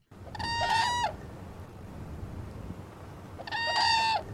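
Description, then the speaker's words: Whooping crane calls, two loud bugling notes about three seconds apart, each a brassy, harmonic-rich whoop that holds steady then drops at the end, over low rumbling background. Endangered species; migrates about 2,400 miles from Canada to winter on the Texas coast. "If you hear that sound, chances are you are close to an endangered whooping crane."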